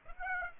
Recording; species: mosquito wingbeat signal from an infrared sensor; Aedes aegypti